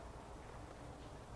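A camshaft is rotated slightly in the cylinder head bearing journals and cam holder tool of a 2014 Chrysler Town & Country 3.6L during a repair for camshaft and rocker arm ticking, clicking or misfire. Only a steady, low, dull rumble is heard, with no sharp sounds. Nothing has seated or clicked yet; the cam has not dropped into place.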